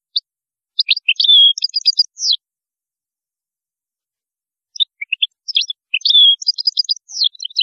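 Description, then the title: European goldfinch song: two phrases of quick liquid twitters and slurred whistles, the second beginning after a silent gap of about two seconds. "Chant Chardonneret"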